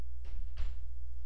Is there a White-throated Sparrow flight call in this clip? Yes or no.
no